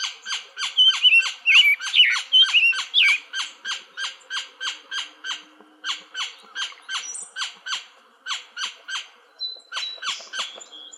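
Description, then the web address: Gila woodpecker giving a long series of sharp, loud call notes about twice a second, slowly fading, with brief whistled warbles early on. Recorded in Arizona on 24 April 2004. "Woodpeckers AZFO GIWO deviche 042404"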